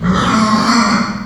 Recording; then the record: squeal of a Yucatan mini pig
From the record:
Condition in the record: after surgery on the right vocal fold (resection and tissue-engineered implant); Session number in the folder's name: 16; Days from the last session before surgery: 183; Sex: female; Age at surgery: 19 weeks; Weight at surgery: 25 kg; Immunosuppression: prednisolone